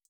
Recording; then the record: hydrophone in a shrimp aquaculture tank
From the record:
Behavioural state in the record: feeding